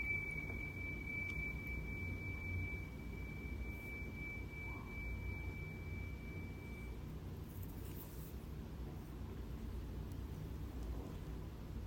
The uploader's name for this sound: Tibetan Singiing Bowl